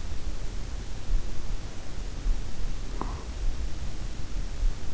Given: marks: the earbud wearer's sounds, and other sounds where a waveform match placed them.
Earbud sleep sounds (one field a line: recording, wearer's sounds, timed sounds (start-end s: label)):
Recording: sounds in sleep by an in-ear microphone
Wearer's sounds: breath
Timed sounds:
1.67-3.55 s: breath